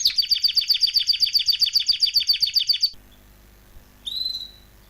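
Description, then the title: Canary song: a fast, even trill of repeated notes for about three seconds, then a pause and a single whistled note. Belgian canary, male, singing a lot; used to train and warm up young birds. "Canary Training Esquente Seu Filhote E Canario Belga Em 30 Minutos Macho Cantando Muito"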